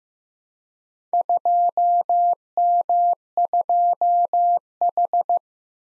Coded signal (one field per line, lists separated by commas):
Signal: Morse code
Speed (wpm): 15 wpm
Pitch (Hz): 700 Hz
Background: none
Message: 2M2H